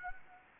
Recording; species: mosquito wingbeat signal from an infrared sensor; Anopheles gambiae